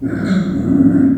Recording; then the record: squeal of a Yucatan mini pig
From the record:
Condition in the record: after surgery on the right vocal fold (resection and tissue-engineered implant); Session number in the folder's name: 4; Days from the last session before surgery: 26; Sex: female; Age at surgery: 19 weeks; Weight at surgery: 25 kg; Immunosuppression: prednisolone